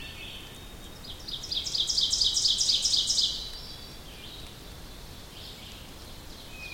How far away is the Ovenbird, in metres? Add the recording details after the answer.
about 20 m. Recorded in boreal forest in Alberta, Canada, on 2 June 2016 at 05:41. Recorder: SongMeter 3, array SBT-3-7. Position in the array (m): 25 m, 133 m. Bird 4